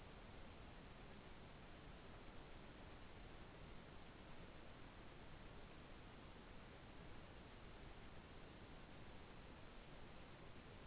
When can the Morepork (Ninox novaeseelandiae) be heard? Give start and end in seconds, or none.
none